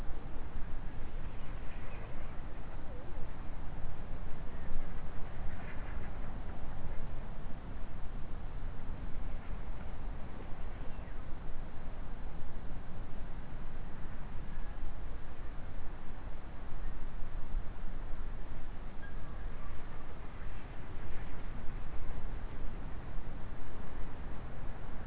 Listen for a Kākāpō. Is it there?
no